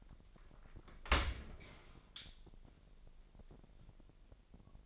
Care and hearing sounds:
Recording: daily activity, microphone in the room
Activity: open dishwasher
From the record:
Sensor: 5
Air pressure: 1000.7 hPa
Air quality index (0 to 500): 248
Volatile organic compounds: 35 ppm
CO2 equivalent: 3054 ppm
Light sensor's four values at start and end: 32/73/29/27 and 32/72/29/27

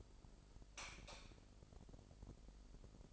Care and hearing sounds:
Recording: daily activity, microphone in the room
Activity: light off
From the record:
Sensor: 5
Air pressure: 995.4 hPa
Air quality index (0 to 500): 93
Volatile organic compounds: 5 ppm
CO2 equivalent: 1757 ppm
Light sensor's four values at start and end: 36/87/35/35 and 35/81/33/33

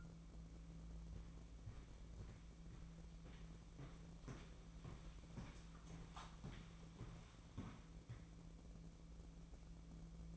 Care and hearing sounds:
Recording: daily activity, microphone in the room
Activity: walk to room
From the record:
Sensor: 1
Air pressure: 1012.3 hPa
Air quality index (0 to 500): 196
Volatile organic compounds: 4 ppm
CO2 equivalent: 1576 ppm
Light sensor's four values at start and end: 78/185/78/82 and 69/163/69/71

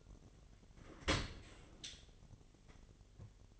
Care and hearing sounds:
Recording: daily activity, microphone in the room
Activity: open dishwasher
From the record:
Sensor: 4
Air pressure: 1007.5 hPa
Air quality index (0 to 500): 199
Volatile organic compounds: 7 ppm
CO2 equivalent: 1985 ppm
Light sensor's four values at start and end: 22/70/27/26 and 22/70/27/26

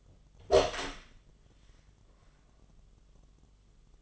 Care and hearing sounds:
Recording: daily activity, microphone in the room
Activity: open door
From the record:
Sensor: 4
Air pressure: 1005.7 hPa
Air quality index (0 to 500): 96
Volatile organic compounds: 2 ppm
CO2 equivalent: 1186 ppm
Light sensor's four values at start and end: 14/31/12/12 and 13/29/11/11

